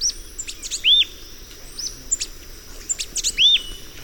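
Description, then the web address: Thick-billed euphonia calling: rapid high chirps mixed with arched, whistled notes, repeated several times. Recorded in the eastern lowlands of South America. "Natures Songs S America Eastern Lowlands Thick-billed Euphonia"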